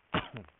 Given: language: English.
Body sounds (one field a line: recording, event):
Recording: throat vibration sensor signal played as sound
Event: cough